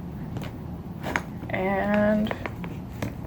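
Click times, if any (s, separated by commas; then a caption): 1.2 s. A plastic stand's peg or clip is fitted onto a fashion doll while someone talks. A sharp, loud click at 1.2 s is the stand snapping into place on the doll, followed by a couple of fainter ticks near 2.6 s and 3.0 s. The doll is seated on her stand.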